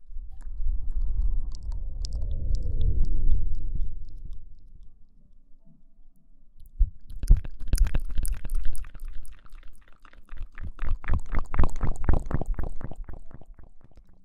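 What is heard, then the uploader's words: Mouth sounds: a low, swelling rumble for the first four seconds fades into a near-silent pause. From about seven seconds, dense wet clicks and smacks crackle in quick, irregular bursts, rising into a fast run of sharp pops near the end. Mouth Sounds.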